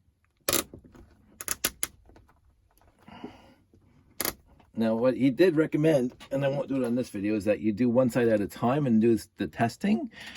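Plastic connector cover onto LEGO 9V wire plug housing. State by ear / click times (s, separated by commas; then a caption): seated / 1.7 s, 1.8 s. The plastic top of a LEGO 9V wire connector is pushed down onto the cut wire and pins, and the housing clips closed with sharp clicks at 1.7 and 1.8 s, so the connector is seated. Other brief taps come at about 0.5 and 4.2 s, and from about 4.8 s someone talks.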